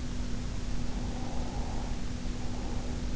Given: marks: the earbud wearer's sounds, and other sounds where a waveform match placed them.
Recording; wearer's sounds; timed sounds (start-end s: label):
sounds in sleep by an in-ear microphone; breath
0.93-3.12 s: breath